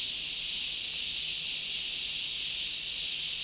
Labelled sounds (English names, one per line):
none